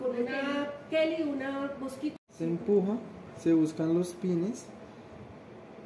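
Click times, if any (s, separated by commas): none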